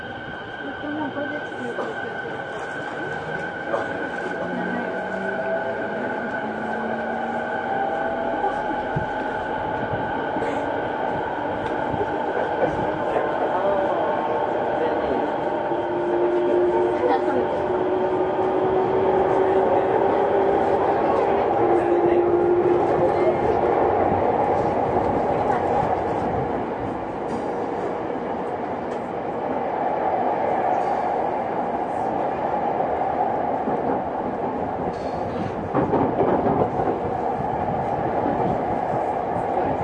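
A ride aboard a Tokyo Waterfront Area Rapid Transit 70-000 series train on the run between the JR Saikyo Line and the Rinkai Line. A steady, dense rumble and whine fill the whole clip, with tones gliding up and down as speed changes and a few brief squeals around the middle.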